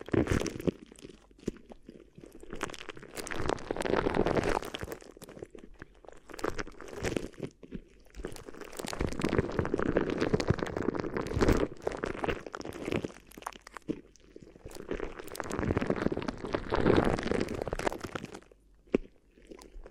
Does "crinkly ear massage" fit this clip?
yes